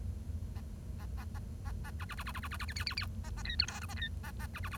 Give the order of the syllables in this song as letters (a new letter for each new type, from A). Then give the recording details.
A A A A A A B B B B B B B B C D D D A A E F G H A E A A B B B. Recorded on 1 October 2012 at 10:42. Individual or60yw70